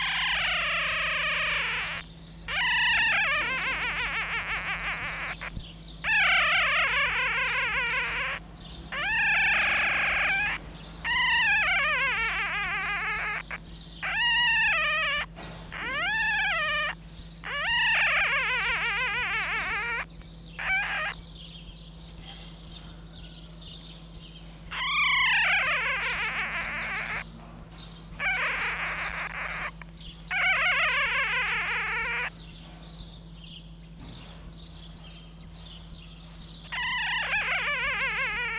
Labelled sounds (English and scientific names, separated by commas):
Red Fox (Vulpes vulpes)